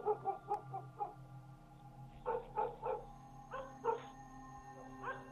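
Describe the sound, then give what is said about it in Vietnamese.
Dogs bark in the distance in a village around midnight, in scattered clusters of short, yelping barks separated by brief pauses, with no one talking. A steady low hum runs underneath throughout. “Tiếng chó cắn ma thỉnh thoảng lác đác vang lên ở trong làng.”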